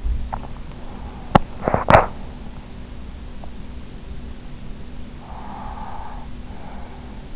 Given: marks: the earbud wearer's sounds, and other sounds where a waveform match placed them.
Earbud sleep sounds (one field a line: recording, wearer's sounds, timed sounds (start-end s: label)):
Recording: sounds in sleep by an in-ear microphone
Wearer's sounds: teeth grinding, breath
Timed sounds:
0.22-2.58 s: teeth grinding
4.65-7.36 s: breath